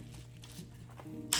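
A plastic interior door trim piece on a 10th-gen Honda Civic Si is pushed by hand into its door panel clips after a Carputech ambient LED strip is fitted. A low steady hum and a few faint taps lead up to one sharp, loud snap at 1.3 s. The trim piece is seated.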